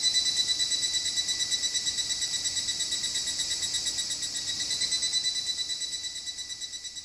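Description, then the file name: Cicada call: a continuous high buzzing drone with a steady pulsing rhythm throughout. "cigarra"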